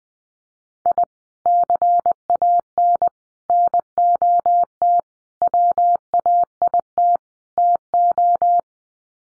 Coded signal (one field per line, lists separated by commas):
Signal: Morse code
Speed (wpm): 20 wpm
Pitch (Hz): 700 Hz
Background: none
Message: I CAN NOT WAIT TO